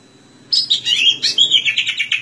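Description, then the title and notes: Greater green leafbird giving a quick, lively string of whistled and slurred notes. Tutor recording (masteran) for training cucak ijo. "Suara Burung Cucak Ijo. masteran burung cak ijo"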